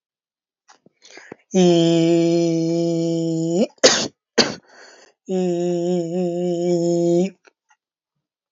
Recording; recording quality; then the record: sustained vowel as in beet; excellent, no background noise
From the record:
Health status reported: healthy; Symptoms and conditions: cough, sore throat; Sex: male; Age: 26 years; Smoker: not ticked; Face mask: not worn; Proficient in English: yes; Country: India